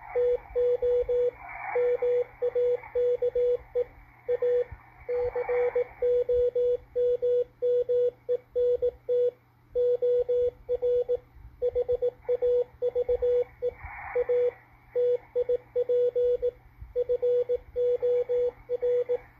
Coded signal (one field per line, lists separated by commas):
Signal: Morse code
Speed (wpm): 18 wpm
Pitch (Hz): 490 Hz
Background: radio noise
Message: TO MAKE A COMMENT OR HAVE A TIP FOR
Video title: GEOMAG FORECAST W1AW DECODE ON MALACHITE DSP SDR RECEIVER 5-10-2021